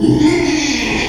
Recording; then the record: squeal of a Yucatan mini pig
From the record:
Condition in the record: after surgery on the right vocal fold (resection and tissue-engineered implant); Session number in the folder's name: 2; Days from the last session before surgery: 13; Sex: male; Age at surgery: 12 weeks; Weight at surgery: 13 kg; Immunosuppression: cyclosporine, prednisolone